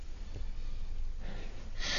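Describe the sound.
A voice imitates heavy nasal breathing of deep sleep, with a couple of slow, breathy snorts and exhales followed by a sharper hissing breath at the end.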